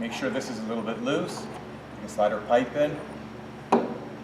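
A pipe is being slid into a slightly loosened push-to-connect fitting on a ball valve drop leg while someone talks, with a brief sharp knock near 3.7 s. Nothing has seated or clicked yet.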